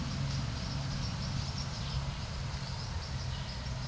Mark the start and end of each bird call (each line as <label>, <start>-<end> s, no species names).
bird call, 0.00-3.87 s